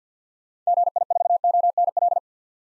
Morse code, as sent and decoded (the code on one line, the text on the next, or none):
--. .. ....- --- -. .-..
GI4ONL